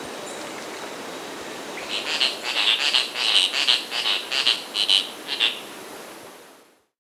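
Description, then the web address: Masked tityra calls: a run of short buzzy, nasal notes, about two to three per second, swelling and then fading over a steady hiss. Recorded in South America. "Natures Songs S America Masked Tityra (Tityra semifasciata)"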